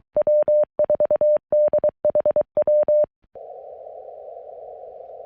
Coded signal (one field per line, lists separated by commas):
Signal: Morse code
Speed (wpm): 23 wpm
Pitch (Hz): 600 Hz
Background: none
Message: W4DHW